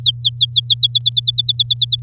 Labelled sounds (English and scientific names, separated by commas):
Domestic Canary (Serinus canaria) song